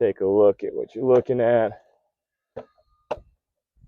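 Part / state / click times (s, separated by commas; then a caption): purge valve solenoid into its mount / seated / 3.1 s. A purge valve solenoid is slid in from underneath into its mount on a 2013 Fiat 500 Abarth while someone talks. After a quiet pause there is a soft knock at 2.6 s, then a sharper knock at 3.1 s as the part pops into place and seats.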